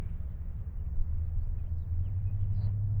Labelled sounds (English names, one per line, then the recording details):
House Finch song
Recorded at Babylon on Long Island, New York, on 20 May 1975
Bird A